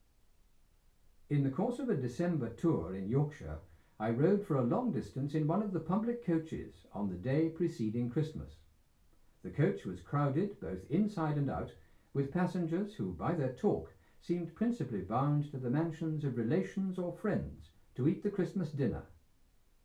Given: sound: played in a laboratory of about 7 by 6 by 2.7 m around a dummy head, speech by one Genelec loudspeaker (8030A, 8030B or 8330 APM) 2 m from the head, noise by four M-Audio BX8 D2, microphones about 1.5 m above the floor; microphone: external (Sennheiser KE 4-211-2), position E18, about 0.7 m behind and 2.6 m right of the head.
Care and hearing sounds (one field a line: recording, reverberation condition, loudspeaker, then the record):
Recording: male speech in English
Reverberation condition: low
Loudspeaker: 120 degrees to the right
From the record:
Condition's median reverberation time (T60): about 310 ms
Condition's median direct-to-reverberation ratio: about 3.5 dB